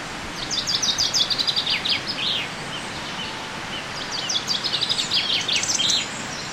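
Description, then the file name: Common chaffinch song: two fast descending phrases a few seconds apart, each finishing with a flourish, over steady background noise. "Fringilla coelebs"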